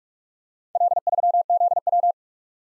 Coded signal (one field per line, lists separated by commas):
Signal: Morse code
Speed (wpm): 44 wpm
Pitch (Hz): 700 Hz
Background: none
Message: L3ZW